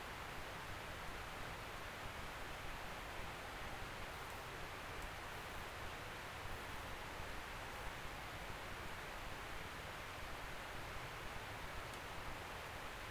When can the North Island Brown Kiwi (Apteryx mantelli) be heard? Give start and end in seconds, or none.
none